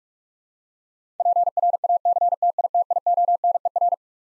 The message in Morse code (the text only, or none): PRACTITIONER